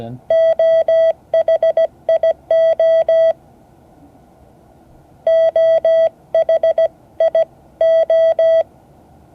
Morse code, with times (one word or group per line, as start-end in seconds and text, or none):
0.3-3.3 OHIO
5.3-8.6 OHIO